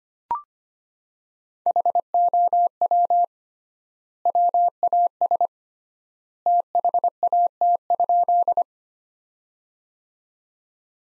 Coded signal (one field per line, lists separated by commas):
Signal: Morse code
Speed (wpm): 25 wpm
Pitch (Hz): 700 Hz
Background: none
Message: HOW WAS THAT?